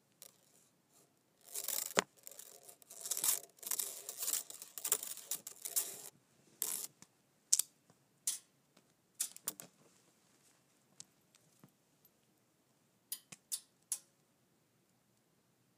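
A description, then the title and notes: A metal chain clinks and rattles, busiest in the first six seconds with dense, jangling bursts of bright chinks. After that the movement breaks into shorter, sparser clanks spaced a second or two apart, with a few sharp taps near the end and silence between. ASMR Metal Clinking Chain.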